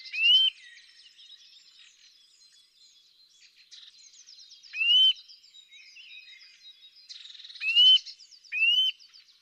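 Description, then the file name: Eurasian nuthatch calls: loud, clear upslurred whistles, four spaced notes with the last two close together, over soft chattering of other birds. "Sitta europaea"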